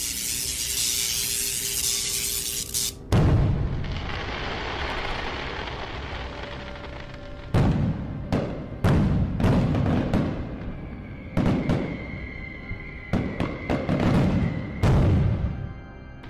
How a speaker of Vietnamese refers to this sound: Khi trời còn tờ mờ sáng, toàn bộ dân hương Kim Sơn rung động, mặt đất lay chuyển sau những tiếng nổ kinh hoàng phát ra từ tiệm kim hoàn Vương Lân.